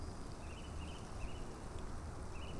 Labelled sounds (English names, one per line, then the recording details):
Song Thrush
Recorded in Germany
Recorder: ecoPi